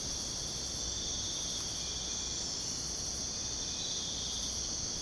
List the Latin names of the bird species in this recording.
none